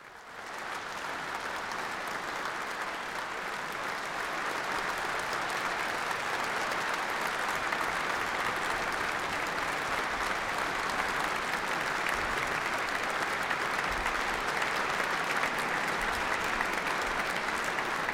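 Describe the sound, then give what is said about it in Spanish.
Sustained, dense applause from a large crowd, steady and loud throughout, swelling slightly after the first few seconds as a standing ovation for a pianist carries on without any voices. “La gente se puso en pie en una cálida ovación.”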